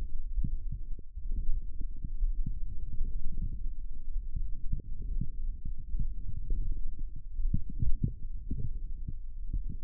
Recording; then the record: forearm muscle sounds (acoustic myography)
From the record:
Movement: forearm supination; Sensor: system 1, eight BSWA MPA416 microphones around the upper forearm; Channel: 8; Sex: male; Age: 18 years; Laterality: right